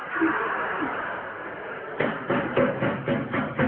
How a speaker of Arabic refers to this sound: الله، هو الباب بيخبط تاني ليه؟ انا مش فتحته، اكونش نسيت افتحه.